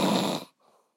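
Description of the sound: A single loud, coarse, rattling snore from a sleeping adult at 2 o'clock in the morning lasts about half a second, then fades to a faint breathy tail. The rough, low vibration is typical of soft tissue fluttering in the throat during sleep: ordinary snoring, loud enough to drown out someone speaking nearby.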